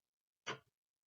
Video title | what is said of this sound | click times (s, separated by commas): How to use the Compound Light Microscope | here's the click - and | 0.5 s